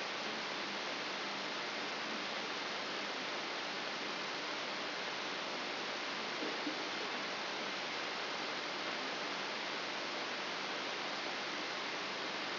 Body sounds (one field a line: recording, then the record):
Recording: brain microelectrode recording played as sound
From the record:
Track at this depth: inside the subthalamic nucleus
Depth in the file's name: 2.304 mm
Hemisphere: left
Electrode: 3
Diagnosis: Parkinson's disease